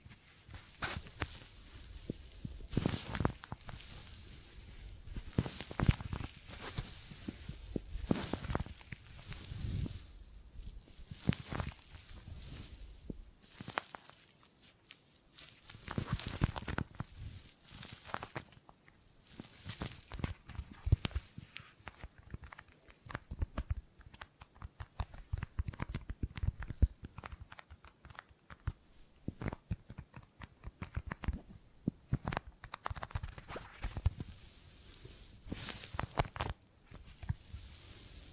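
Tingly gripping and grabbing sounds: quick, irregular bursts of crisp scratching and rustling, some sharp and bright, others dull thumps. The handling runs almost continuously for the whole clip, with brief pauses near fifteen and twenty seconds.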